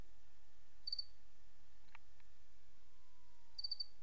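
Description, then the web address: Cricket chirping in two brief high trills, roughly three seconds apart, with a faint click in between and constant low background hiss. Recorded 28 August 2007. "white-noise Crickets 28 aug 07"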